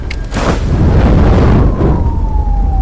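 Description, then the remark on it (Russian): A sharp, heavy blast, one of two strong explosions in Ignat Borzov's burning house, erupts into a loud, sustained low rumble, while a thin police siren tone holds steady and slowly slides downward in pitch beneath the roar as ambulances and police cars arrive. “Люди в них стали свидетелями двух сильных взрывов в здании.”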